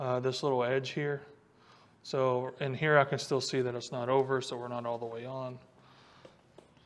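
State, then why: Seated. A fuel hose quick-connect fitting is pushed further onto the fuel filter/water separator of a Mercury Pro XS 250 4 Stroke outboard until its red collar goes over the edge. Someone talks through most of the clip, and a faint, short click is heard at 6.6 s as the fitting seats fully home.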